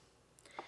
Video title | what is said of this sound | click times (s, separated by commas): Ninja Foodi Review: 6.5 qt side by side comparison with the 8 qt | on the vent and you'll feel it click | 0.6 s